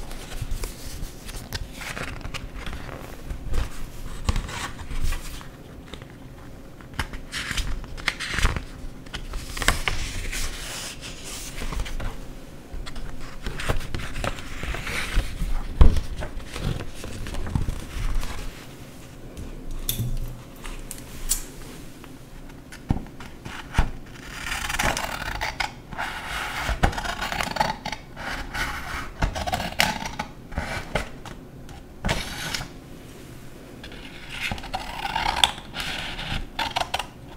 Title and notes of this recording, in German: Scheren- und Schneidesounds. Zerschneide und zerreiße/knülle ich Papier